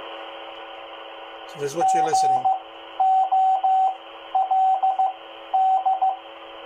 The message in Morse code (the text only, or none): GOLD